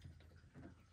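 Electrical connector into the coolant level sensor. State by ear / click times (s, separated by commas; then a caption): not seated / none. An electrical connector is handled at the coolant level sensor on a new coolant reservoir of a 2018 Duramax, ready to be plugged in. Only a low, steady rumble with faint handling rustle is heard, swelling slightly around 0.6 seconds. Nothing has seated or clicked yet.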